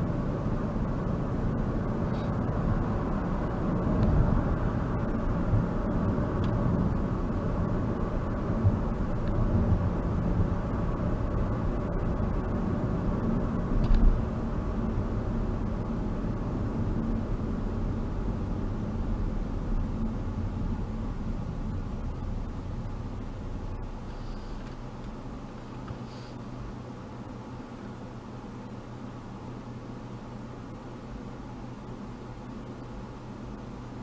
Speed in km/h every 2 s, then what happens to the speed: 52, 55, 56, 58, 58, 58, 53, 47, 40, 31, 16, 8, 0, 0, 0, 0, 0.
0-6 speeds up to 58. 6-11 steady at about 58. 11-23 brakes to 0. 23-34 standing.